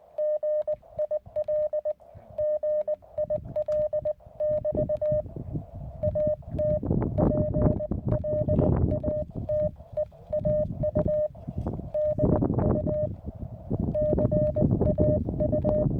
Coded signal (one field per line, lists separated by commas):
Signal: Morse code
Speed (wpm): 17 wpm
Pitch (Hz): 610 Hz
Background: none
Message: GIL GIL <BT> AT PLATEAU DU CAU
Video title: Calling UFOs With Morse Code au Plateau du Caussols.